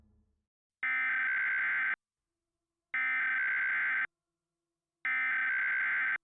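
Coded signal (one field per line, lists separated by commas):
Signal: Emergency Alert System (SAME) tones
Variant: header bursts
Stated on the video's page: Simulated alert in a fictional scenario based on the film "Us", imagining a clone takeover.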